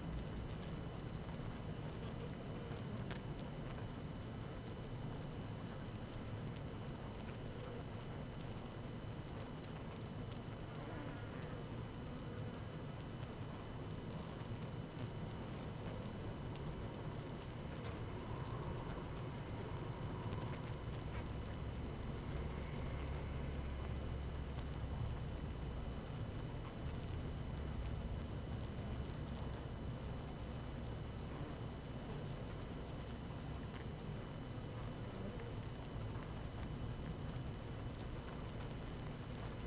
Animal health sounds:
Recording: honeybee colony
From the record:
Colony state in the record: active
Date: 12 June 2018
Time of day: 17:55

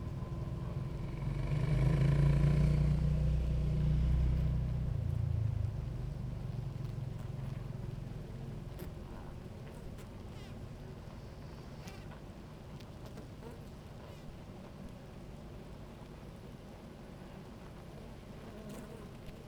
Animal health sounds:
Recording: honeybee colony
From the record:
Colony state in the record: active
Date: 28 July 2017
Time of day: 17:12

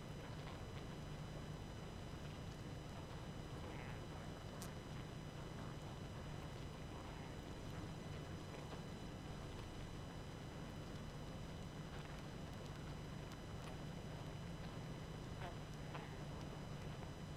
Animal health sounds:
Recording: honeybee colony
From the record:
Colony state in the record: active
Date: 12 June 2018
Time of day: 21:06

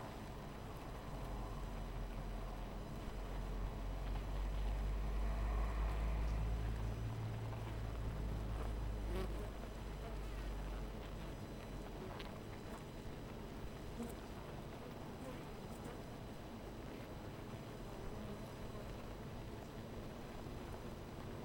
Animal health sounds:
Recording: honeybee colony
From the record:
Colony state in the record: missing queen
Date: 14 July 2017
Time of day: 12:30

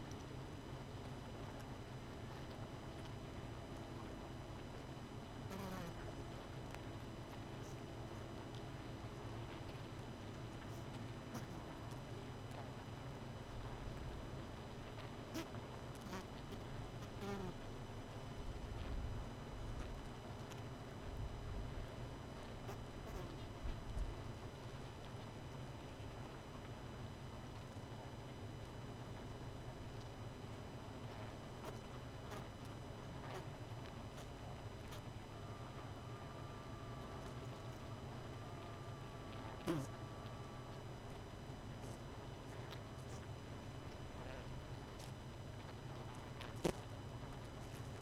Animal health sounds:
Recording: honeybee colony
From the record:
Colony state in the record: missing queen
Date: 31 May 2018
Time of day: 23:44

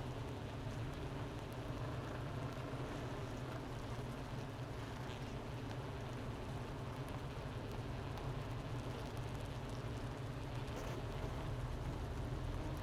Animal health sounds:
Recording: honeybee colony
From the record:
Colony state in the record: missing queen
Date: 31 May 2018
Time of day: 10:15

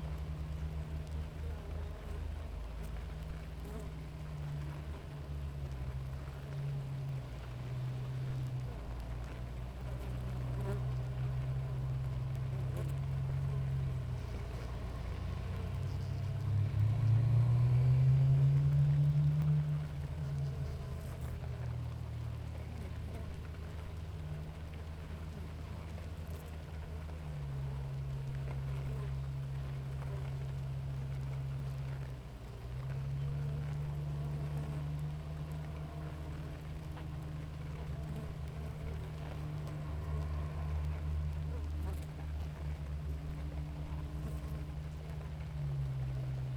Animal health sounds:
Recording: honeybee colony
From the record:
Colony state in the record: active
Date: 28 July 2017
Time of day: 7:18

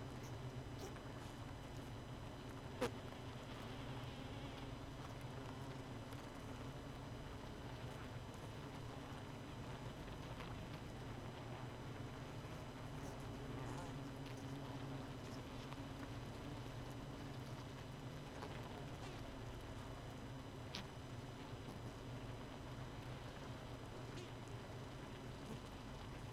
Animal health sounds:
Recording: honeybee colony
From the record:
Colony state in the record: missing queen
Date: 31 May 2018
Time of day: 0:23

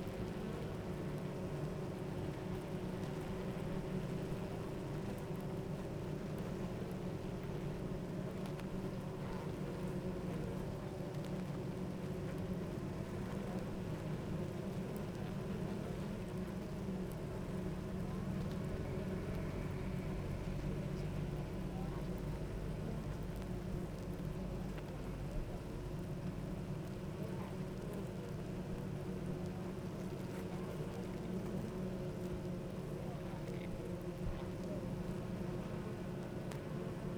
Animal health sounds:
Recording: honeybee colony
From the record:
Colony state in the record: active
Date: 28 July 2017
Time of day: 9:05

